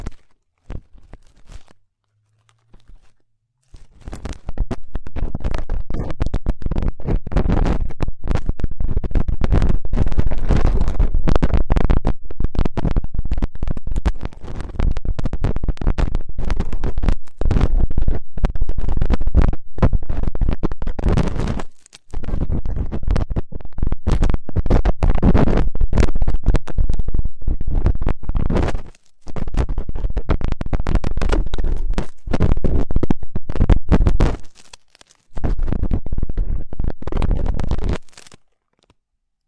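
Hair being picked gives a dense, steady scratching rasp from about four seconds on, broken by brief silent pauses near 22, 29 and 35 seconds.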